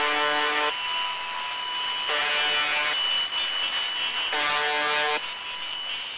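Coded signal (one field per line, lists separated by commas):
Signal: channel marker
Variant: UVB-76 (The Buzzer)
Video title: The Conet Project - The Buzzer, the Pip, and the Squeaky Wheel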